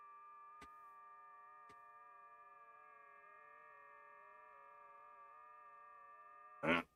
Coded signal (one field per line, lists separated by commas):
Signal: FT8